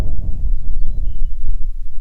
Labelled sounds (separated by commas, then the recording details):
songbird, wind
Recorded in the Prudhoe Bay oil fields, Alaska, on 6 June 2019 at 03:54
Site 16